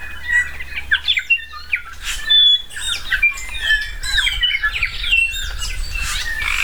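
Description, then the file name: New Zealand bellbird song in a busy chorus, sharp whistled notes and rapid squeaky phrases from several birds, over a low droning hum. Several bellbirds singing on Tiritiri Matangi Island. "New Zealand Bellbirds (Anthornis melanura) singing on Tiritiri Matangi Island"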